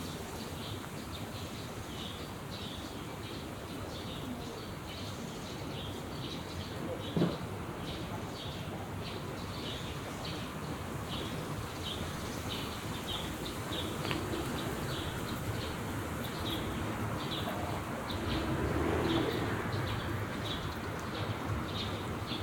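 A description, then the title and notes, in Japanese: Pigeons in a weekday park, with a steady low hum throughout, a sharp click near seven seconds, and repeated chirps above the din. 平日の公園と鳩 – Park and pigeons。鳩が休憩したり羽ばたいていく音など長閑な？日常の音。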